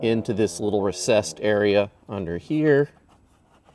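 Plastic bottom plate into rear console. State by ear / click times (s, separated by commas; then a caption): not seated / none. Someone talks while handling the plastic bottom trim plate for the rear console of a Tesla Model 3 or Y, being reinstalled after cables are tucked into a recessed area during installation of a Tes Studio R86 backseat entertainment screen. The speech fades to quiet near the end, with only a faint tap at 3.8 s. Nothing has seated or clicked yet; the plate has not snapped into place.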